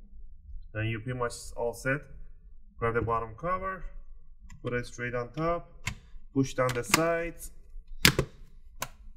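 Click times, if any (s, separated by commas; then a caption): 8.1 s, 8.8 s. Someone talks while the plastic bottom cover of a Lenovo Yoga 520 laptop is set straight onto the chassis during a battery replacement, and its sides and front are pressed down. Sharp clicks at 8.1 s and 8.8 s are the retaining clips snapping into place, and the cover is seated.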